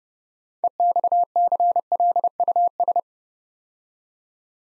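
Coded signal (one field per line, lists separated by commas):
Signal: Morse code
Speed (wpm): 30 wpm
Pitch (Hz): 700 Hz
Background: none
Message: EXCLUS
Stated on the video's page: Morse practice drill building 9-letter words three letters at a time at 30 wpm, for instant character recognition.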